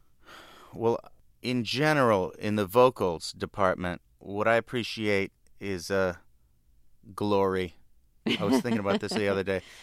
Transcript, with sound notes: Well, in general, in the vocals department, what I appreciate is glory.
(LAUGHTER)
I was thinking about this the other day.